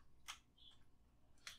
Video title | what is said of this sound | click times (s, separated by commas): How To Install Strimer Plus V2 RGB Cables + L Connect 3 | we go i just heard a little click | 1.5 s